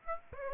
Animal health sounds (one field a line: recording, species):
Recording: mosquito wingbeat signal from an infrared sensor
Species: Aedes aegypti